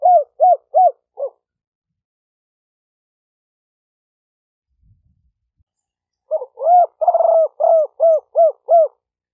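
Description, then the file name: Spotted dove giving runs of short arched hoots, four at the start and a longer run after a silent gap. Call style named '5 hậu' in Vietnamese. "tieng-cu-gay-5-hau"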